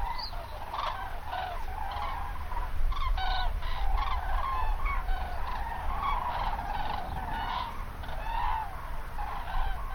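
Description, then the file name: Chorus of common crane trumpeting, many overlapping calls continuing without pause over a constant low rumble. "grus grus"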